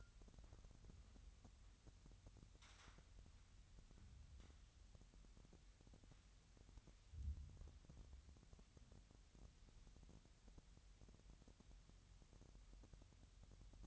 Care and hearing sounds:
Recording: daily activity, microphone in the room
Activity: wipe stove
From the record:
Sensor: 3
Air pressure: 1003.2 hPa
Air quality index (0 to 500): 196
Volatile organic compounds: 6 ppm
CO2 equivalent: 1917 ppm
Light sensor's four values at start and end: 11/27/11/12 and 11/27/11/12

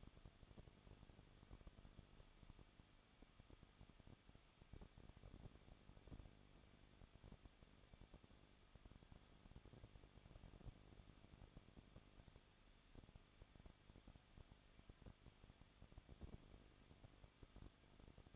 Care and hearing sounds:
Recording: daily activity, microphone in the room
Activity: no activity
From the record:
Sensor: 4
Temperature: 23.1 degrees Celsius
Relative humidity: 34.1%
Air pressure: 1007.2 hPa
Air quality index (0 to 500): 214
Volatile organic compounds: 14 ppm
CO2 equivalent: 2472 ppm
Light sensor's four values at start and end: 2/3/1/1 and 2/3/1/1

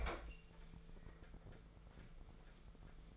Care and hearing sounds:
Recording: daily activity, microphone in the room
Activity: open fridge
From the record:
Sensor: 5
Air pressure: 1015.0 hPa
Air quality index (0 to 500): 182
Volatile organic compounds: 7 ppm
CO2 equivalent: 1998 ppm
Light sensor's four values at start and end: 50/117/49/51 and 53/125/52/55

